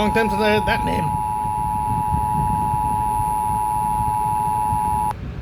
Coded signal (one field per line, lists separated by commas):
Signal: Emergency Alert System (SAME) tones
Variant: 853 and 960 Hz attention tone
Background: speech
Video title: (150 Subs!) | I Am Waiting For This To Be Real | Tabi Reacts To The Awakening, A Zombie EAS Scenario